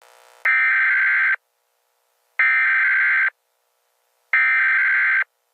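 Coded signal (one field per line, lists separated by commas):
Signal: Emergency Alert System (SAME) tones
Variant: header bursts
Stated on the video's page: Fictional EAS scenario.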